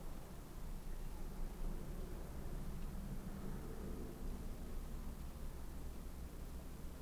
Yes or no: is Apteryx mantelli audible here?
no